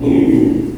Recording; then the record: squeal of a Yucatan mini pig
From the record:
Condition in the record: before surgery on the right vocal fold (resection and tissue-engineered implant); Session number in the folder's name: 1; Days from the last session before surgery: -3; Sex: male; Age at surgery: 12 weeks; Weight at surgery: 13 kg